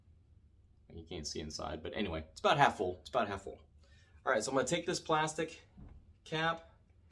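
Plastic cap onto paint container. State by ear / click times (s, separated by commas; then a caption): not seated / none. Someone talks while getting ready to fit a plastic cap onto a paint container that is about half full of paint. The cap has not snapped into place yet; nothing has seated or clicked by the end of the clip.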